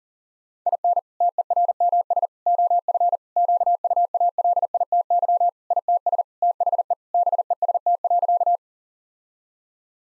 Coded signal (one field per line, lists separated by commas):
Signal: Morse code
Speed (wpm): 40 wpm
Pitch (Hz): 700 Hz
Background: none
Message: IN TERMS OF QUALITY ITS THE BEST.